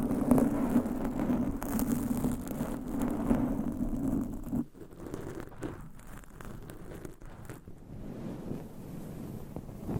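Dense, rough scratching of nails and covers on mics, loud and steady for four seconds, then quieter and patchier with scattered scrapes.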